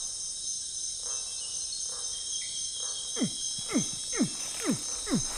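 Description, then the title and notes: Crocodile calls: faint notes at first, then five clear descending chirps about half a second apart, beneath a loud steady insect chorus. Night on a riverbank at Tauary, a village in the Amazon rainforest 600 km west of Manaus, Brazil; answering people's imitated crocodile calls. "Nuit noire, sur la berge on imite le cri du crocodile en attendant sa réponse. Un bébé crocodile est le premier à répondre. En avançant sur le fleuve, c’est au tour des plus grands de faire écouter quelques vocalises en réponse aux appels."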